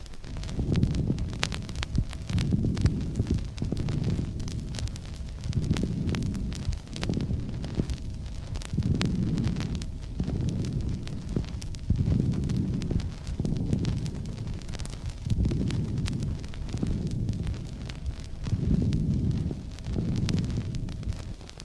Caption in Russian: Бронхиального дыхания, выслушиваемого над полостью в легком, на фоне которого слышны влажные звучные хрипы.